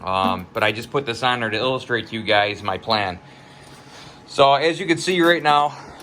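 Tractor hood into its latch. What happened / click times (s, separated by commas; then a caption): Handled, not yet home: no latch click heard / none. A man talks over a Kubota BX tractor as its hood, fitted with a temporary vertical exhaust pipe, is handled toward its latch, with a quiet pause from about 3.2 to 4.4 seconds before he speaks again. The hood has not latched or clicked into place yet by the end of the clip.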